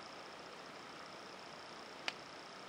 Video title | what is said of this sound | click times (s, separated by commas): SHEAFFER SNORKEL STATESMAN FOUNTAIN PEN | okay i'm sure you could hear that so that click there | 2.1 s